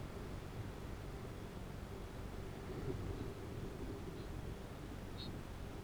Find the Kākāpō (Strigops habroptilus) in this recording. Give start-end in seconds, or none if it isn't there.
3.06-5.62